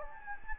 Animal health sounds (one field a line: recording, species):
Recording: mosquito wingbeat signal from an infrared sensor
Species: Anopheles gambiae